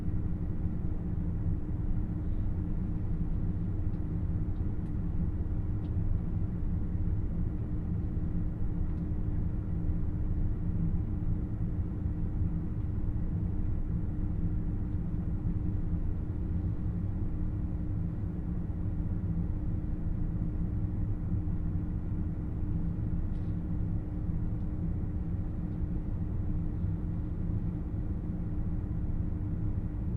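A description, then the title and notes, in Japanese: A ride aboard the Nanpu 26 limited express on the Dosan Line, from Awa-Ikeda to Tadotsu. A dense, steady low rumble holds for the whole stretch, with a constant droning hum on top. A few faint light ticks surface now and then, around five and twenty-three seconds. 土讃線特急南風26号 阿波池田→多度津。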